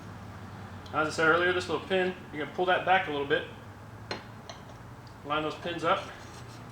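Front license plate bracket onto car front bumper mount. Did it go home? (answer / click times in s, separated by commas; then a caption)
no / none. With its retaining pins pulled back, a front license plate bracket is handled at its car front bumper mount while someone talks. Sharp handling knocks are heard around 4.1 and 4.5 seconds. The bracket has not clicked or seated onto the mount yet.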